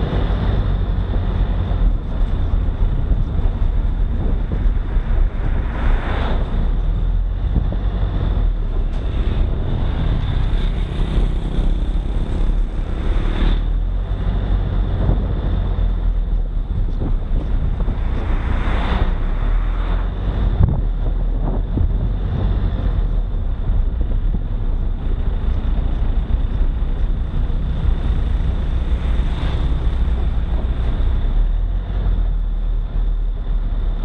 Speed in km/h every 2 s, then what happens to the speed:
29, 28, 25, 25, 24, 23, 25, 26, 26, 26, 26, 26, 23, 18, 17, 18, 20.
0-22 steady at about 26. 22-27 slows to 17. 27-34 steady at about 18.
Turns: none.